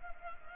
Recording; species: mosquito wingbeat signal from an infrared sensor; Culex pipiens